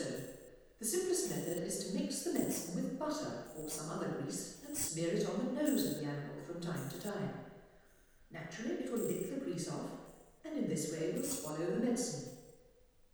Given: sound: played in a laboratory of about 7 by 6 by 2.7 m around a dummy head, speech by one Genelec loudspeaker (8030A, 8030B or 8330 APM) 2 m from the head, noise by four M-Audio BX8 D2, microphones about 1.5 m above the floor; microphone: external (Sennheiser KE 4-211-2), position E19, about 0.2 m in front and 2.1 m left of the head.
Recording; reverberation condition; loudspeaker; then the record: female speech in English; high; 30 degrees to the right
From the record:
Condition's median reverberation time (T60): about 1300 ms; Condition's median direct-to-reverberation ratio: about -4.0 dB